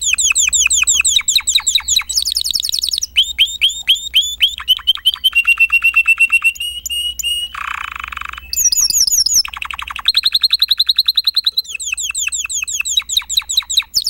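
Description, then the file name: Timbrado canary song of many rapid trills and sweeping note series, shifting tour every one to two seconds, with a brief low buzzy roll midway. "timbrado"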